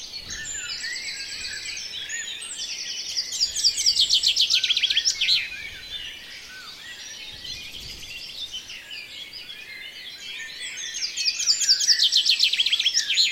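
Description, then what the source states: Birds singing together at dawn, dense high chirps and trills, with loud rapid chattering runs near four seconds and again toward the end. Dawn chorus of birds.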